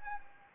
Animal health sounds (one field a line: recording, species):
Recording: mosquito wingbeat signal from an infrared sensor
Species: Anopheles gambiae